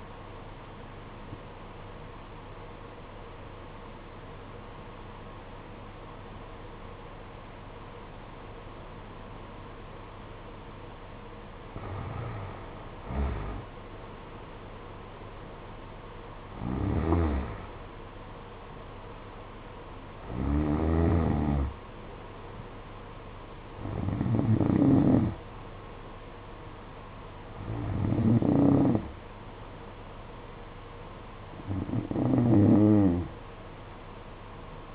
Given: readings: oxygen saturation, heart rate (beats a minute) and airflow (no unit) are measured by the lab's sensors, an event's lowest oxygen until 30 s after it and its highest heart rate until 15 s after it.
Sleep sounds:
breathing in sleep by a voice recorder at the bedside; 1
3.00-13.90 s: obstructive apnea (N2, oxygen 93% highest, then 89% lowest, heart rate 54 at the start, 65 highest)
28.00-34.95 s: new sleep stage, N1 (lightest sleep)
From the record:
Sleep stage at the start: N2 (light sleep); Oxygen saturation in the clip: 90 to 93%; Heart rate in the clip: 52 to 65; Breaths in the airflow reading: 6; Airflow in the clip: -12.9 to 13.7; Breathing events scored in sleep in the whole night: 476 in 9.7 hours asleep

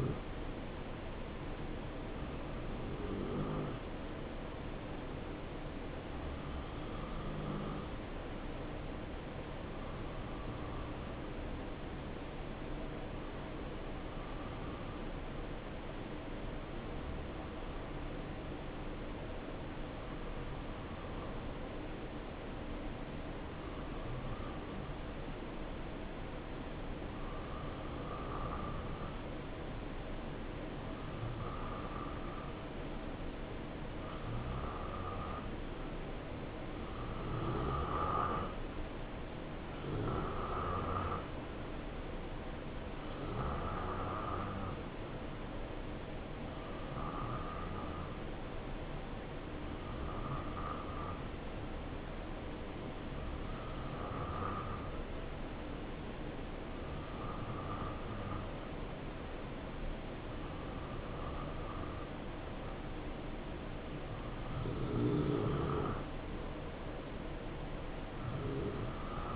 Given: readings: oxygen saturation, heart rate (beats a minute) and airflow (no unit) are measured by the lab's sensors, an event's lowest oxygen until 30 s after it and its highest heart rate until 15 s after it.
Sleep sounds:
breathing in sleep by a voice recorder at the bedside; 1
3.00-64.70 s: hypopnea (N2, oxygen 94% highest, then 87% lowest, heart rate 71 at the start, 72 highest)
From the record:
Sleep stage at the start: N2 (light sleep); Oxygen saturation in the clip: 87 to 94%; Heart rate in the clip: 64 to 72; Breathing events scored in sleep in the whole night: 277 in 7.4 hours asleep

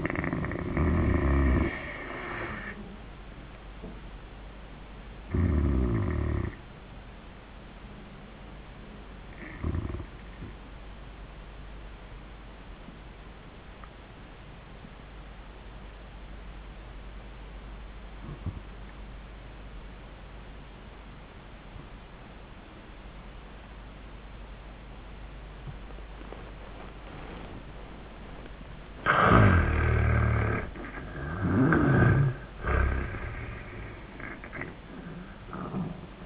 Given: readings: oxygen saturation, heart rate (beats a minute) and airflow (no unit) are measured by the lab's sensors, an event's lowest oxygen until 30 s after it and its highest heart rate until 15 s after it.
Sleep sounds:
breathing in sleep by a voice recorder at the bedside; 1
9.00-29.10 s: obstructive apnea (N1, oxygen 95% highest, then 80% lowest, heart rate 88 at the start, 94 highest)
16.00-36.26 s: new sleep stage, N2 (light sleep)
From the record:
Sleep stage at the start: N1 (lightest sleep); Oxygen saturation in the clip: 78 to 95%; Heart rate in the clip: 72 to 91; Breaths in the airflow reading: 4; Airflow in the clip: -25.3 to 11.2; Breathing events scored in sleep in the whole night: 400 in 8.7 hours asleep

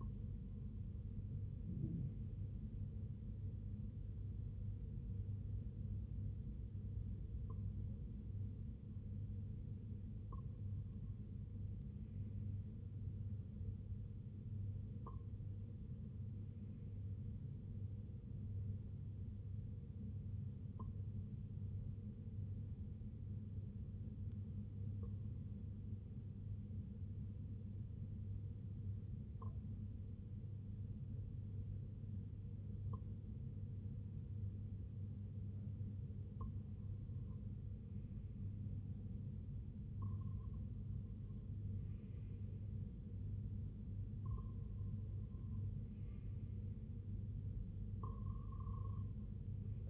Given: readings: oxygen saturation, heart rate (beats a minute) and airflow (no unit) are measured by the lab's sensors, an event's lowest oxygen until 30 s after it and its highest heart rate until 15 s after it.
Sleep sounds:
breathing in sleep by a smartphone at the bedside; 1
23.00-39.80 s: hypopnea (REM, oxygen 96% highest, then 92% lowest, heart rate 59 at the start, 75 highest)
From the record:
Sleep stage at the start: REM sleep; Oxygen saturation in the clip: 94 to 96%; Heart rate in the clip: 57 to 71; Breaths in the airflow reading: 11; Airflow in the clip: -7.0 to 4.5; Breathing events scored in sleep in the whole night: 258 in 7.4 hours asleep

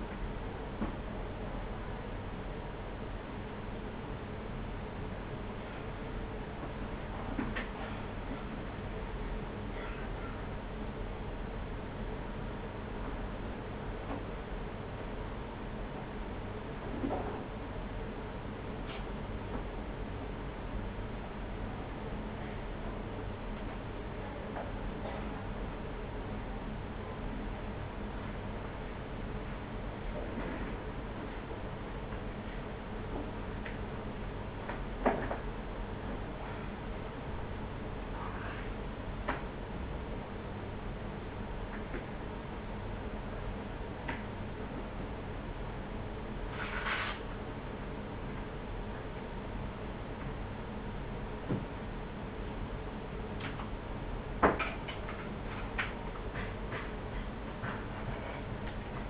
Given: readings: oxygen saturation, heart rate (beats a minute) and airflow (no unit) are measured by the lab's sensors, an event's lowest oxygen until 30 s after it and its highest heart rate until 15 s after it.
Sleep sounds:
a person awake in a sleep study, by a voice recorder at the bedside; none
0.00-59.10 s: awake
0.00-59.10 s: awake
From the record:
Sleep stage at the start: awake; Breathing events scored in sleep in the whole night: 210 in 6.9 hours asleep

